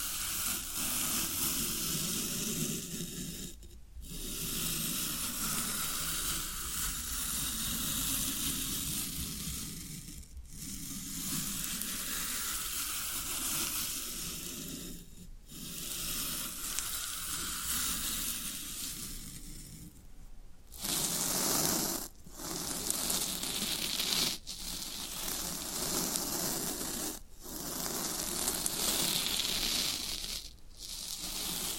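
Floral foam being worked: a dense, steady crackling hiss with a low crunchy rumble underneath. Brief dips to near silence break it at irregular points, roughly every two to five seconds, and the later stretches turn brighter and more sizzling.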